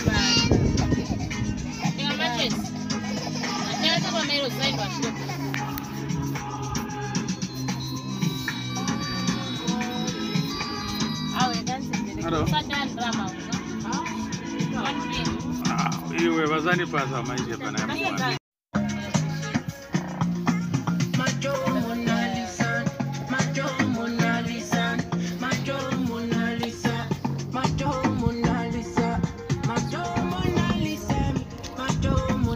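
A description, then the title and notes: A busy outdoor street pub with a steady, dense wash of overlapping voices and chatter, continuous, over a low rumble. Music or sustained tones run underneath throughout, and the sound cuts out briefly near the middle before the crowd noise resumes. The ‘street pub’ a couple of meters from the Zambian Border Post in Livingstone.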